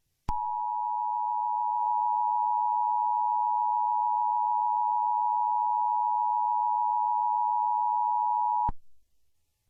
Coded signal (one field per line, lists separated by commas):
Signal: Emergency Alert System (SAME) tones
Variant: 853 and 960 Hz attention tone